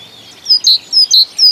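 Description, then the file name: Great tit giving rhythmic paired notes, a high whistle followed by a stronger lower note, repeated; a soft thin whistle precedes the phrases. "Bogatka"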